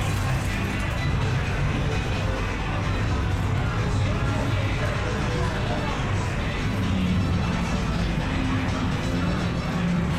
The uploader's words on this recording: The nostalgic ambiance of an English seaside town amusement arcade. This binaural field recording captures the vibrant ambiance of a bustling arcade.